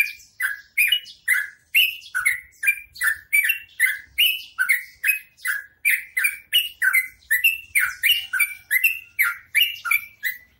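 Bird singing a continuous run of loud, harsh, downslurred chirps delivered quickly and evenly, with rasping high-pitched overtones throughout.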